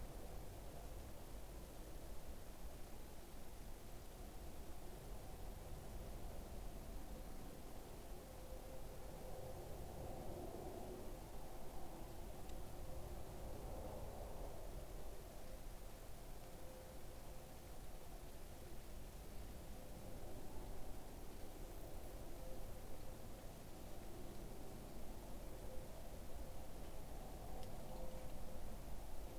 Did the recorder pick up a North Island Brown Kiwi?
no